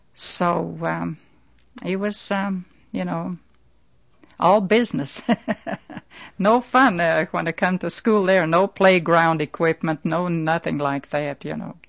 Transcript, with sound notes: So it was, you know, all business. (She laughs.) No fun, when it come to school there. No playground equipment, no nothing like that, you know.